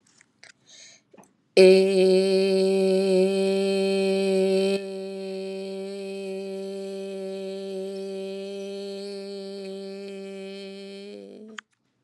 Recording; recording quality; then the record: sustained vowel as in made; excellent, no background noise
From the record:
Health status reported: healthy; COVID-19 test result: negative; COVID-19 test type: RT-PCR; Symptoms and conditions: cold, sore throat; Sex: female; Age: 35 years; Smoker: no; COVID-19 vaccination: both doses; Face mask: not worn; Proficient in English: yes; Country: United States